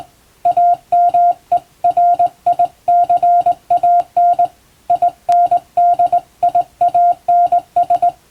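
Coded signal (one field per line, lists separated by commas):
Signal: Morse code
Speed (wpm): 21 wpm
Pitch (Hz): 700 Hz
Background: music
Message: AMERICAN INDIANS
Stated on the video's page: Morse radiotelegram sent on a vertical straight key, practice using a text for sending English-language telegrams, in the style of ship-to-coast-station traffic.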